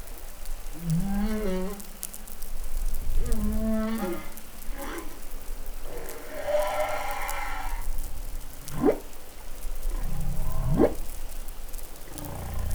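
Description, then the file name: Humpback whale song: short harmonic moans and upswept cries mixed with low grunts and a buzzy mid-pitched burst, against continuous underwater crackle. Recorded in New Caledonia, Pacific, on 20 July 2013. "Baleinea Bosse Nouvelle Caledonie 20130720"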